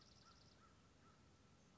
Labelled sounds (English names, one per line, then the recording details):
American Crow
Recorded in Sonoma County, California